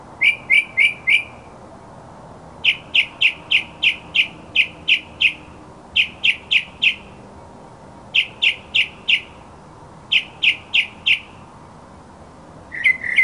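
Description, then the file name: Mockingbird delivering groups of sharp, evenly spaced chip-like notes, several per group, with short pauses between groups. Masteran (tutoring) sound of a mockingbird. "suara masteran mockingbird"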